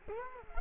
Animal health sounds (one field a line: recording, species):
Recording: mosquito wingbeat signal from an infrared sensor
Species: Culex quinquefasciatus